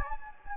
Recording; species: mosquito wingbeat signal from an infrared sensor; Anopheles gambiae